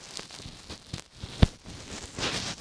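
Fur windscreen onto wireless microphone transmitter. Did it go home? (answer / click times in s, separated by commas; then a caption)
yes / 1.4 s. A fur windscreen is fitted onto a Rode Wireless Me wireless microphone transmitter, with faint rustling and a few small ticks before it locks into place with a sharp click at 1.4 s, the loudest sound in the clip. Soft handling noise follows.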